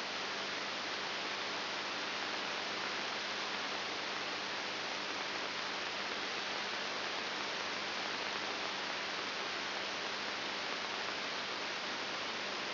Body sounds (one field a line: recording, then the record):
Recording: brain microelectrode recording played as sound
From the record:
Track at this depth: inside the subthalamic nucleus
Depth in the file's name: 6.301 mm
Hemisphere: left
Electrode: 3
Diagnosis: Parkinson's disease